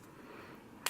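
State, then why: Seated. A V-Moda XL memory foam ear cushion's plastic tabs are pushed into a headphone ear cup with a finger inside and outside the cup. After a stretch of quiet low rumble, a single short, sharp click snaps out at 0.9 s as a tab locks in. The cushion clip is seated.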